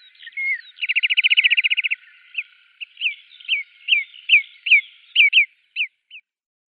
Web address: Schulze Peter Marsh Sandpiper display